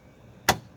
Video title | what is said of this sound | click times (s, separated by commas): Cat Feeder Tutorial | Close it down. You make sure it clicks. Listen | 0.5 s